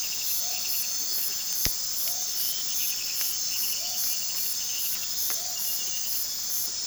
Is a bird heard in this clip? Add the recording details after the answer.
no. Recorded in pastures near Puerto Asís, Putumayo, Colombia, on 18 February 2024 at 02:00. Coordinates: 0.468, -76.328. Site G6414